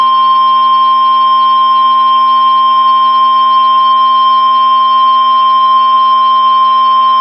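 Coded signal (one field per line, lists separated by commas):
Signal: Emergency Alert System (SAME) tones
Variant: 1050 Hz attention tone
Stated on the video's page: Personally captured emergency alerts.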